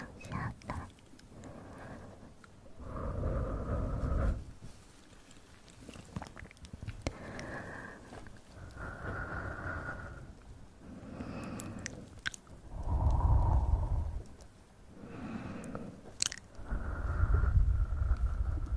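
Mouth sounds with inaudible whispering: wet clicks, lip smacks and soft chewing-like noises come in bursts, mixed with low breathy murmurs that swell and fade every couple of seconds. Sharp clicks punctuate the middle and end, and the sound stays uneven and intimate throughout.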